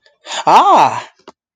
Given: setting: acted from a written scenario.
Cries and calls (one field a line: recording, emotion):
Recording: vocal sound without words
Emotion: positive surprise